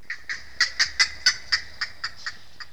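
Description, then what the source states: Green heron calling: a quick series of about eleven short, harsh clucking notes, spaced roughly a quarter second apart, growing softer toward the end. Recorded at Mitchell Lake.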